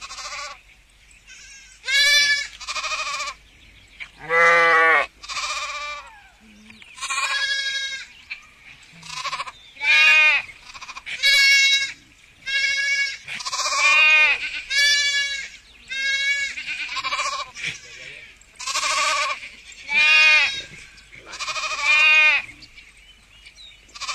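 Sheep bleat over and over, roughly a dozen loud, wavering calls spread through the whole stretch, each lasting about a second with short quiet gaps between. The bleats are bright. A faint low hum sits underneath throughout.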